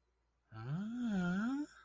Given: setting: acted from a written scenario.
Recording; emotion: vocal sound without words; confusion